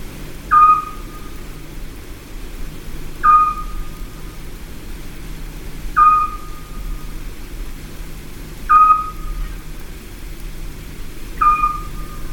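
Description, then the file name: Eurasian scops owl giving a single short, clear whistled note, repeated steadily about every two and a half to three seconds, over a constant low rumble. "petit duc scops"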